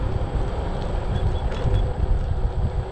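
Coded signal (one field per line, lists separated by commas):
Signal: none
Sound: scooter's beeps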